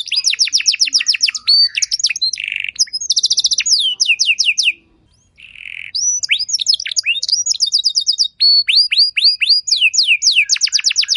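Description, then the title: Canary song of rapid descending note series, buzzy low rolls and high rattling trills, with a brief pause midway before the bird resumes. Belgian canary song with rich phrases (cengkok), meant to make other canaries answer with long continuous song. "Canto Para Esquentar Canário Belga. Suara Burung Kenari Lagu dan Cengkok Mewah Buat Kenari Lain Bakal Langsung Nyaut Gacor Panjang"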